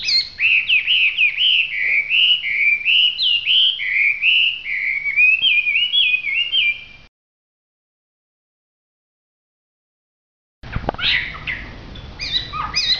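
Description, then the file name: Hwamei song: a steady run of repeated looping whistled notes for seven seconds, a pause, then a burst of varied phrases. In full song. "audio hwamei gacor. omkicau"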